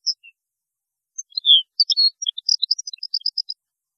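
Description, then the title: European goldfinch song: a few high notes, then a slurred downward whistle leading into a rapid tinkling twitter of bright chirps. "Chant Chardonneret"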